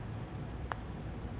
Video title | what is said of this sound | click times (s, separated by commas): Review เครื้องปั๊มนมไร้สาย Willow Gen 3.0 | คลิกแบบนี้ลงไปเลย | 0.7 s